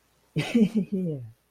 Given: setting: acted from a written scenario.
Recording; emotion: vocal sound without words; realization